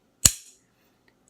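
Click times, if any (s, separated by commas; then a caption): 0.3 s. A Glock 81 fixed-blade field knife with a saw back is pushed back into its plastic sheath until the retention lock at the hilt catches. A single sharp, bright click sounds at 0.3 s, followed by near silence and two tiny faint ticks near the end. The knife is fully seated and secure in the sheath, with the click showing it is all the way in.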